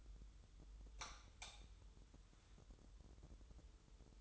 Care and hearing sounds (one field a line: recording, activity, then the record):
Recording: daily activity, microphone in the room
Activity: light on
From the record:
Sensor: 3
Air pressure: 988.4 hPa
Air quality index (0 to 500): 192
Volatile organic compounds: 271 ppm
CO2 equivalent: 4414 ppm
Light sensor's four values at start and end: 8/19/8/8 and 10/28/11/11